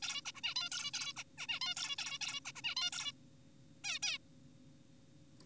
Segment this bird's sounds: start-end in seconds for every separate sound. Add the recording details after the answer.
0.03-0.22, 0.26-0.32, 0.35-0.41, 0.44-0.55, 0.56-0.69, 0.72-0.91, 0.94-1.13, 1.17-1.24, 1.38-1.47, 1.49-1.60, 1.61-1.75, 1.76-1.96, 1.99-2.19, 2.21-2.40, 2.45-2.52, 2.56-2.62, 2.64-2.75, 2.77-2.90, 2.92-3.12, 3.84-3.99, 4.03-4.18. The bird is an adult. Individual g4p5U